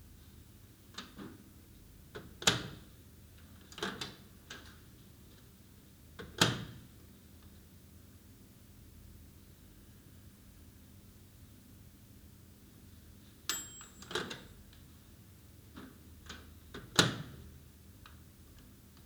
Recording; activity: daily activity, guitar pickup as the sensor; use microwave